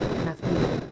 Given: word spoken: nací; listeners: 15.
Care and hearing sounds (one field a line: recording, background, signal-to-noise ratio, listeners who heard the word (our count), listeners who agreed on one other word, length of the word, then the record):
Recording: one Spanish word in noise, from a listening test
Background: noise modulated by three-talker babble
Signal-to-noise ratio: -5.6 dB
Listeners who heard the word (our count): 3 of 15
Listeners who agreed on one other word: 7 of 15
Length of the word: 0.52 s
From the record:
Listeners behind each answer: 7, 3, 3, 1, 1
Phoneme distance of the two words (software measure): 17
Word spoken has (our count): 2 syllables, 4 phonemes, stress on syllable 2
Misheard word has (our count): 2 syllables, 5 phonemes, stress on syllable 2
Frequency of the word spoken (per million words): 5.32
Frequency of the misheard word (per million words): 42.37